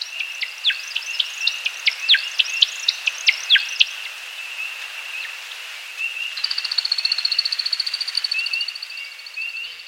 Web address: Birdnote. American Woodcock